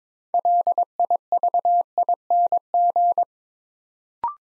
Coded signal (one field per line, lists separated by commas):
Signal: Morse code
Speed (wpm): 22 wpm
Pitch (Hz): 700 Hz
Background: none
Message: LIVING